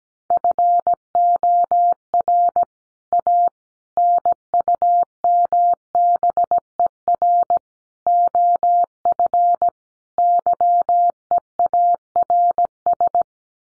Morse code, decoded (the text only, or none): FOR A NUMBER OF YEARS